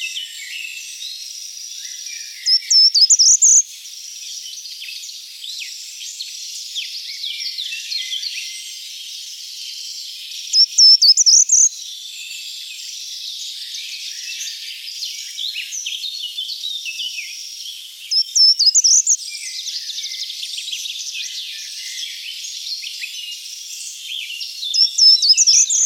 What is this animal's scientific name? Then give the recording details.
Certhia brachydactyla. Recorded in the wild. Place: Merdingen bis Ihringen / Kaiserstuhl, Baden-Württemberg, DE. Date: 1980-03-30. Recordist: Schwarz, Dieter